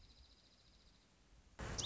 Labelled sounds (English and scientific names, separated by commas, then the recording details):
Dark-eyed Junco (Junco hyemalis)
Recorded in Sonoma County, California